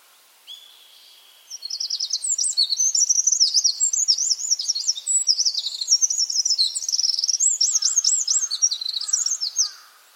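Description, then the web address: Bird song: a steady high whistle, then a fast run of very high, sharply modulated twittering notes, with a few lower, softer notes near the end. "cianscape birddata Deverinetal 2025"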